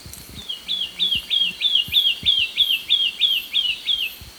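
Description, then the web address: Olivaceous greenlet song: a fast, even series of about twelve short slurred notes, each rising then falling. Recorded in Ecuador. "Birds of Ecuador. Olivaceous Greenlet"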